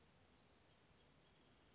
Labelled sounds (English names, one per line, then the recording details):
Western Flycatcher
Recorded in Sonoma County, California